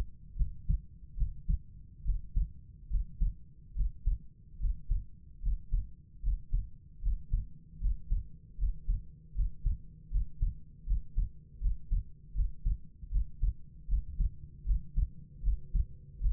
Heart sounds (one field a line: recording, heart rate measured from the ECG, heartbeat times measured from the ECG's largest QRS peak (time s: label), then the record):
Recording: heart sounds by stethoscope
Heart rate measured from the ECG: 76 bpm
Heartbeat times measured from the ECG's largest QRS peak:
0.36 s: heartbeat
1.16 s: heartbeat
2.04 s: heartbeat
2.89 s: heartbeat
3.74 s: heartbeat
4.59 s: heartbeat
5.41 s: heartbeat
6.22 s: heartbeat
7.01 s: heartbeat
7.80 s: heartbeat
8.57 s: heartbeat
9.34 s: heartbeat
10.10 s: heartbeat
10.85 s: heartbeat
11.60 s: heartbeat
12.33 s: heartbeat
13.10 s: heartbeat
13.87 s: heartbeat
14.64 s: heartbeat
15.42 s: heartbeat
16.19 s: heartbeat
From the record:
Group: healthy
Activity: Valsalva maneuver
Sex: female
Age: 32 years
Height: 172 cm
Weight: 71.7 kg